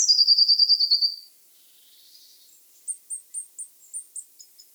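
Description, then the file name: Eurasian blue tit giving a fast, evenly spaced trill of high notes, a brief quiet gap, then a series of separate sharp high ticks repeated several times a second. "Cyanistes caeruleus"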